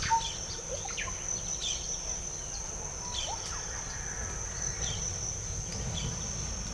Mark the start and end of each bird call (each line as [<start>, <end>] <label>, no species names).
[0.00, 3.73] bird call